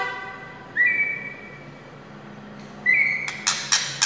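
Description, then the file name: White-rumped shama song: two short rising whistled notes separated by a pause, followed by a few harsh, noisy bursts. Wild forest bird. "suara murai hutan asli"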